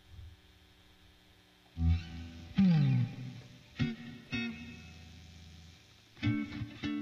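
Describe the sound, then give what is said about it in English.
Several loud, tonal bursts with a reverb effect, each leaving a long smeared tail that hangs and fades; one note slides downward in pitch, with no talking. “We're about to party. Need some reverb on it.”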